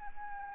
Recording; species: mosquito wingbeat signal from an infrared sensor; Anopheles arabiensis